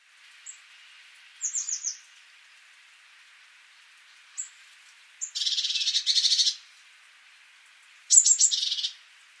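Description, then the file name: Eurasian blue tit calls: thin high tsee notes followed by buzzy, scolding churr bursts, a long dense one near six seconds and another at eight, with light background hiss. "Cyanistes caeruleus"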